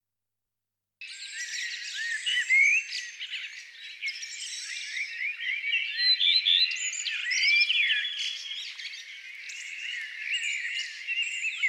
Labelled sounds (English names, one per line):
Common Redstart song